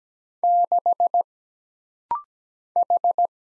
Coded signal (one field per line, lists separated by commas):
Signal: Morse code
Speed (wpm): 17 wpm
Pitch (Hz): 700 Hz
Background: none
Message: 6 H